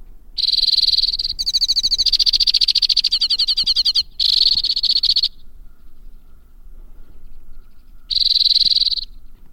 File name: suara kicauan burung white winged crossbill. omkicau